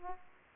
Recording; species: mosquito wingbeat signal from an infrared sensor; Aedes aegypti